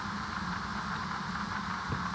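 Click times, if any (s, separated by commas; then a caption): none. A carburettor internal part is lined up hole-to-hole in the body of a Weber 40DCNF carburettor from a Ferrari 308 GTS, with care taken over the fitting direction so the air will arrive correctly. Only a steady broadband hiss with a low hum is heard throughout the 2.2 seconds. The part has not clipped in yet.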